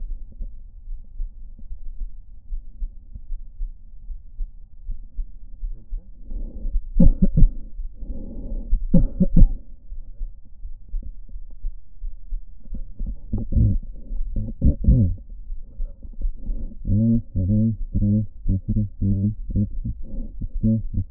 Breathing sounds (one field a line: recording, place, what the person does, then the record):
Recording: lung sounds by stethoscope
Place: right anterior apical chest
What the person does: quiet breathing, then cough and speech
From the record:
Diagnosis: none (healthy)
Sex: male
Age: 29 years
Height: 180 cm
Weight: 100 kg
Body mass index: 30.9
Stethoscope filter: diaphragm mode